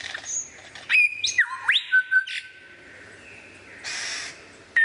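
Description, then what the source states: Lyrebird song mixing sharp chips, sliding whistles and a long steady whistled tone, with a harsh buzzing burst near the end. Song variations.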